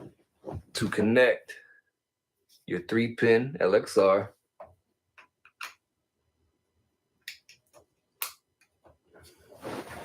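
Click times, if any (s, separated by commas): 8.2 s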